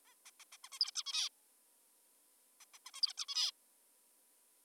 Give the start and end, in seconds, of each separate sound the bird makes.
0.06-0.14, 0.26-0.31, 0.40-0.44, 0.52-0.57, 0.64-0.69, 0.72-0.79, 0.80-0.91, 0.96-1.03, 1.06-1.29, 2.61-2.65, 2.74-2.78, 2.86-2.91, 2.94-3.01, 3.02-3.13, 3.18-3.26, 3.28-3.52